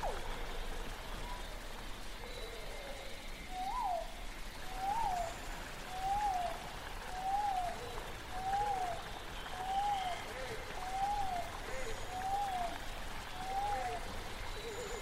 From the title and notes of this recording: Jurassic world ambience |prehistoric forest | dinosaur sounds.